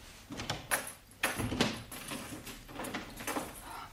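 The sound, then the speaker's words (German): A door is pushed shut with a few sharp knocks and thuds, followed by softer rattling and scraping as it is locked, the clatter continuing in small bursts without any voices. “Wacht mal, ich schließe die Türe zu.”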